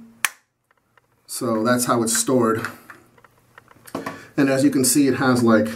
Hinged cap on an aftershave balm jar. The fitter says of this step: now listen you can hear that it like snaps back into place